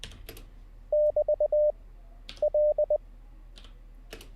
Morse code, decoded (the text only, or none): <BT>L